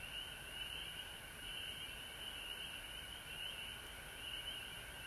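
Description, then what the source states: Frogs chorusing: steady high trilling bands with faint repeated notes throughout. Frogs at home in Georgia on March 19, 2020.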